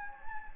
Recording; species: mosquito wingbeat signal from an infrared sensor; Anopheles gambiae